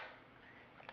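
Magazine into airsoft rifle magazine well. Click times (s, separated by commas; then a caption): 0.9 s. The stock magazine is inserted into the magazine well of a Magpul PTS Masada airsoft rifle, with a faint rustle before a single sharp click at 0.9 s as the mag catch locks. The magazine seats firmly in place with no wobble.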